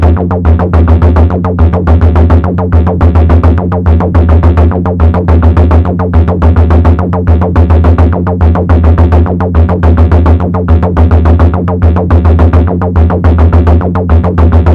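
Hard blips tick rapidly and evenly, several each second, over a steady low droning hum that holds throughout without change.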